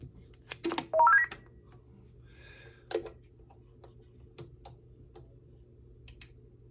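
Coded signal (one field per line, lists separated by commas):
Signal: roger beep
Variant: Stryker Roger beep 4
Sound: key click, then a quick five-note rising beep melody lasting about a third second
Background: clicks and low hum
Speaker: we'll go to 4. This is factory.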